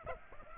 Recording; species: mosquito wingbeat signal from an infrared sensor; Aedes aegypti